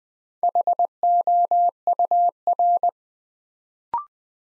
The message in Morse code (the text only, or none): HOUR